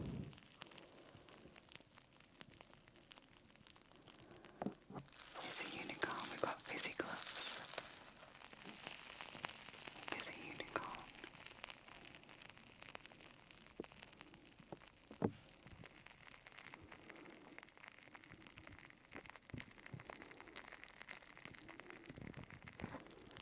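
Fizzy, crackling squishes form a dense patter of tiny pops and clicks throughout. Between about five and eleven seconds a brighter, hissing squeeze swells up, then eases back to quieter fizzing with occasional sharper taps, including a distinct one around fifteen seconds.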